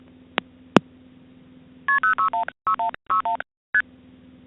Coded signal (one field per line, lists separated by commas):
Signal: multi-frequency trunk signalling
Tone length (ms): 120 ms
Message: KP0616161 ST